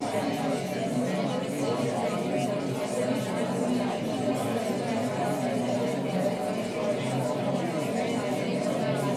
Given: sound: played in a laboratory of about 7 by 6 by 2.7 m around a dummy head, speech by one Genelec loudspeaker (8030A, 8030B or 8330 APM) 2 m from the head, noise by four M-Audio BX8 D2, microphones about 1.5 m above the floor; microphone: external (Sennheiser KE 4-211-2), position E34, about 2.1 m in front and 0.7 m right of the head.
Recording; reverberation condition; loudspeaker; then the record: babble noise; low; four, about 170 cm from the corners of the room and facing them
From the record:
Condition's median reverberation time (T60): about 310 ms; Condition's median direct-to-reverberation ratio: about 3.5 dB